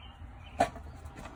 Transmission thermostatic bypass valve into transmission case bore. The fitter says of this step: then you'll hear it snap in